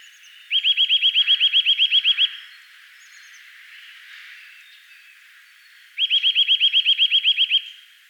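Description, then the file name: Eurasian nuthatch trill call: a rapid series of many clear, evenly spaced piping notes, given twice, each burst lasting under two seconds, with a quiet pause between. "Sitta europaea"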